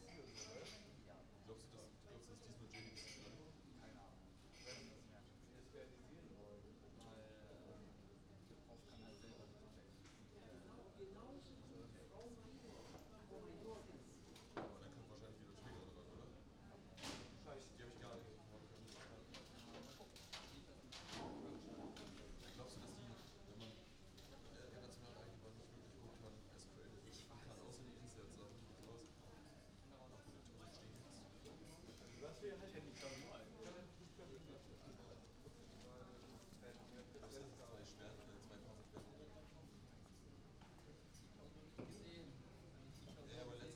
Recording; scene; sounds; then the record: everyday scene through a hearing-aid microphone; many people talking; many voices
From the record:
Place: university cafeteria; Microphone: in the ear canal, right